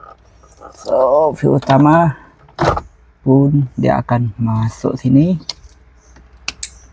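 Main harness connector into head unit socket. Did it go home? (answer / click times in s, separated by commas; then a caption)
yes / 6.5 s, 6.6 s. A main switch wiring connector is pushed one-handed into its socket behind an Android head unit (Mohawk) in a Honda City GM6 while someone talks. It clicks at 6.5 s and again at 6.6 s, and the connector is seated.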